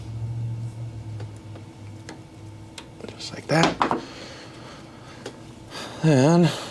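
The second steel wrist pin circlip is handled at the piston pin bore groove of a Garelli SSXL engine during piston install, with short light ticks of handling while someone talks. The circlip has not snapped into its groove yet, so nothing has seated or clicked in this clip.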